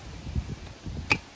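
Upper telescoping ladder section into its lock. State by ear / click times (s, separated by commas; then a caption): not seated / none. An upper section of a Soctone 12.5 ft aluminum button-retraction telescoping ladder, rated 330 lbs max, is pulled up from the top, out of order, to extend it into its lock. The mechanism will not let it lock, because the most stable lower sections should be extended first. Low-frequency knocks and rattles are heard, with one sharp tap at 1.1 s, but nothing has seated or clicked yet, and the section does not lock.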